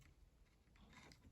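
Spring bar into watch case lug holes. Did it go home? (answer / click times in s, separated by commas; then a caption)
no / none. A spring-loaded metal spring bar holding a watch strap is folded in and pushed between the lugs of a metal watch case, producing soft scraping and handling noise with a brief sharp tick near 1.1 seconds. Nothing has seated or clicked into the lug hole yet.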